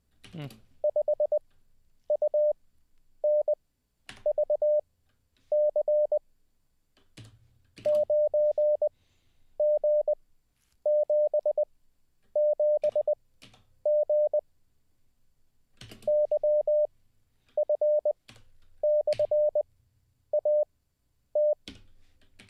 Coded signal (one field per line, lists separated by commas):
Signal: Morse code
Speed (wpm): 20 wpm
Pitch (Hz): 600 Hz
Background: speech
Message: 5UNVC 9G77G YF/AT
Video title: How To Learn Morse Code LIVE with N0SSC (Day 21)